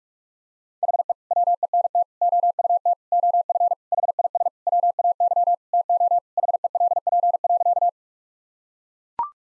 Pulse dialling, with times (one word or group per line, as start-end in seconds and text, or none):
none